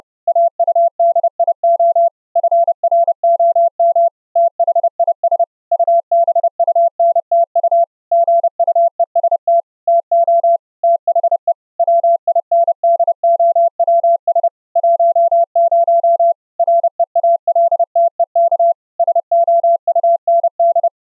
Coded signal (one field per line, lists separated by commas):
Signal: Morse code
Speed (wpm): 30 wpm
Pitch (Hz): 680 Hz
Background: none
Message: AUDIO FROM THIS UBUNTU GUEST TO THE WINDOWS 10 REALTEK SOUND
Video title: running the AD5DZ CW KEYER software in an UBUNTU GUEST on Windows 10 Hyper-V, with low latency audio